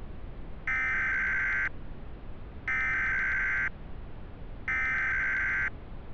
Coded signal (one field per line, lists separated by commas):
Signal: Emergency Alert System (SAME) tones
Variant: header bursts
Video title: My First Ever EAS Scenario But Remastered as a Realism Test